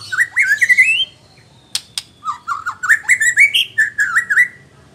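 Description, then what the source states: White-rumped shama song: rising slurred whistles, a few sharp clicks, then a run of repeated wavering whistled notes climbing and falling. Female.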